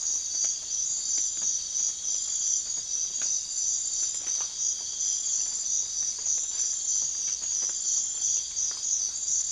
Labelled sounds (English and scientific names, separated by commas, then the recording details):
none
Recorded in secondary vegetation near Puerto Asís, Putumayo, Colombia, on 25 June 2025 at 03:30
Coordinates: 0.500, -76.326
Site GP08